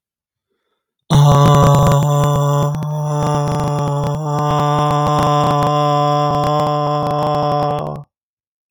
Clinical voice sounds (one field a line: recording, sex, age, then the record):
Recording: vowel held as long as possible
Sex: male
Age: 30 to 39 years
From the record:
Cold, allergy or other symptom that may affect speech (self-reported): no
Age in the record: 37 years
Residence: Massachusetts, United States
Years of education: 16